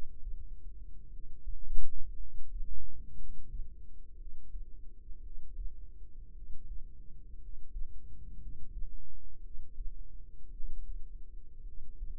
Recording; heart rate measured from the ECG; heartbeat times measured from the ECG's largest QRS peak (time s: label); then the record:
heart sounds by microphone in the right ear; 57 bpm
1.08 s: heartbeat
2.15 s: heartbeat
3.14 s: heartbeat
4.14 s: heartbeat
5.19 s: heartbeat
6.31 s: heartbeat
7.37 s: heartbeat
8.37 s: heartbeat
9.39 s: heartbeat
10.49 s: heartbeat
11.62 s: heartbeat
From the record:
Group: healthy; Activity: rest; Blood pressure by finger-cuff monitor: 109/56 mmHg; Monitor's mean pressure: 69 mmHg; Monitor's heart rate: 56 bpm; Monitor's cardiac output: 5 L/min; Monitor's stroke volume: 88 mL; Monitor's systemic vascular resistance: 1000 dyn s/cm5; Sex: male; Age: 25 years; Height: 170 cm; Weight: 70.4 kg